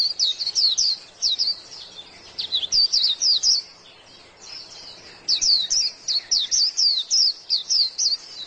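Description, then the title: White-eye song: bursts of quick, high, sweet chirps in rapid series, pausing briefly near the middle before another fast chattering phrase. "Pleci"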